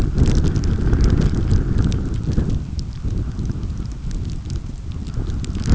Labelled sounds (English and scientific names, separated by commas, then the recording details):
none
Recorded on Arctic tundra, site UTQI-5, on 29 June 2018
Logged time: 02:00